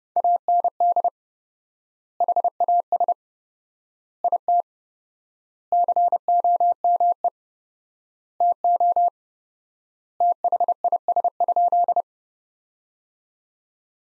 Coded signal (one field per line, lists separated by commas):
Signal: Morse code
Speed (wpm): 32 wpm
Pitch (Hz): 700 Hz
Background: none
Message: AND HAS IT COME TO THIS?